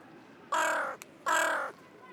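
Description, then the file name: Carrion crow calling: two harsh, hoarse caws, each about half a second long and spaced under a second apart, with a faint click between them. "Corvus corone"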